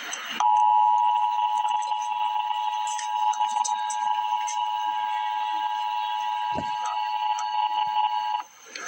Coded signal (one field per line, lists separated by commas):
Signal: Emergency Alert System (SAME) tones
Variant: 853 and 960 Hz attention tone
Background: speech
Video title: Emergency Alert System - Flood Advisory - Aug 6, 2024 at 4:07 PM EDT